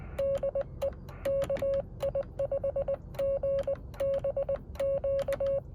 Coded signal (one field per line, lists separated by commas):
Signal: Morse code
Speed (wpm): 20 wpm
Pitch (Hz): 550 Hz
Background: none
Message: DE KI5GBQ